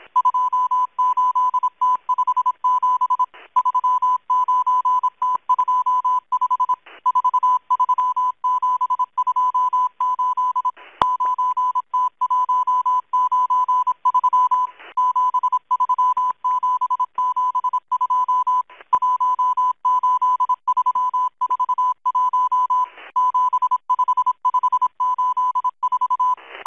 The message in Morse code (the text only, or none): 28T57 39T25 43728 9T193 73772 18341 75584